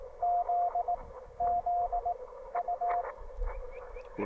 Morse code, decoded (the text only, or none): Z Z U